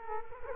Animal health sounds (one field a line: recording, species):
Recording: mosquito wingbeat signal from an infrared sensor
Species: Culex quinquefasciatus